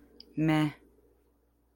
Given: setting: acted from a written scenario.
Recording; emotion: vocal sound without words; neutral